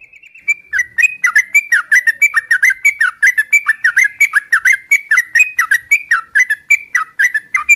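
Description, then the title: Oriental magpie-robin whistling a rapid, steady series of short dipping notes, with little variation throughout. Whistled song used as a lure to prompt other magpie-robins to answer back; described as a lively, vigorous singer. "Pancingan Suara Siulan Kacer Gacor Mantap Untuk Memancing Kacer Lain Agar Mau Nyaut Bunyi"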